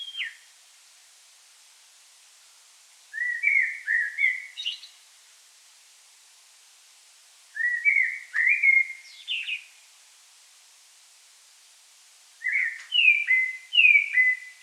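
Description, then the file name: Common blackbird song: three mellow fluted warbling phrases separated by pauses of about three seconds, the first two ending in a thin higher squeak. "Turdus merula"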